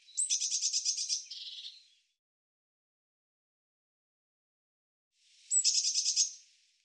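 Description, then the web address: Bird song: a high trill ending in a lower buzzy tail, then a second, shorter trill about five seconds later, in silence. "Deverinetal"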